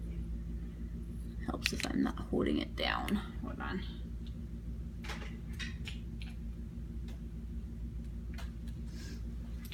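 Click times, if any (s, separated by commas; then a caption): none. A zigzagger attachment is handled at its mounting on a sewing machine, with its notches being lined up before it is pressed down into place. Someone talks over a steady low hum, and there are a few faint taps and handling noises. Nothing has seated or clicked yet.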